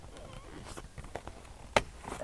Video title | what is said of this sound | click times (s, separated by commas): HIRE DOT HANDOVER/INSTRUCTION VIDEO - DOT 6 SIMPSON | Yeah, okay, you've got to do it till it clicks. | 1.8 s